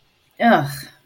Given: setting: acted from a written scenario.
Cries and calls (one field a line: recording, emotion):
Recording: vocal sound without words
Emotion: disgust